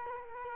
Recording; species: mosquito wingbeat signal from an infrared sensor; Culex quinquefasciatus